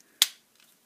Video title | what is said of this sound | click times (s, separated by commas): Transformazing Toys PB02 Mekbuda Pandora's Box 02 Optimus Prime | pull one over and you'll hear a click | 0.2 s